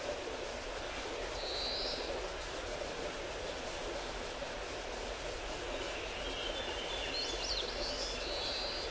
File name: crowned willow warbler